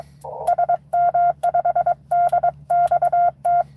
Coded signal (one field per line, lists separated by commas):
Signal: Morse code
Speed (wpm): 22 wpm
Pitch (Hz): 700 Hz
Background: none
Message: SM5DXT